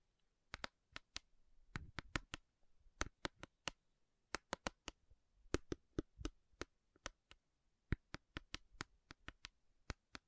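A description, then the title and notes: Sharp, bright taps on metal come in uneven bursts across the whole stretch, some grouped in quick runs of three or four and others spaced apart by short pauses. Each tap is crisp, with faint soft handling noise between them. ASMR Sleepy Slow Tapping Metal Sounds (No Talking).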